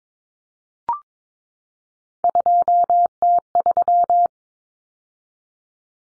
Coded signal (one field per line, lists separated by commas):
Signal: Morse code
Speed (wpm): 22 wpm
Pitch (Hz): 700 Hz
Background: none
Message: 2T3